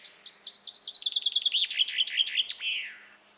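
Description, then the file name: Common chaffinch song, a cascading series of sharp repeated notes descending in pitch and closing with an emphatic terminal flourish after about two and a half seconds. "Fringilla coelebs"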